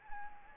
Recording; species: mosquito wingbeat signal from an infrared sensor; Anopheles gambiae